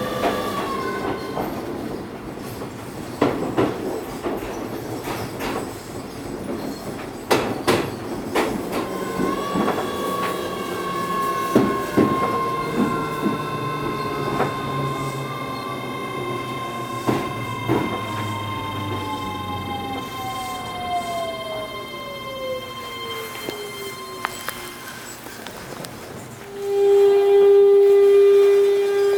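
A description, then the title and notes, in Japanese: A Keio 7000 series one-man train runs between Takahata-fudo and Tama-Dobutsu-koen, with a steady rumble and irregular clacks of wheels over rail joints. A motor whine glides steadily downward as the train slows. Near the end, a loud, steady high tone begins. 京王7000系(ワンマン車) 高幡不動〜多摩動物公園。京王7000系 4両編成。20 m両開き4扉。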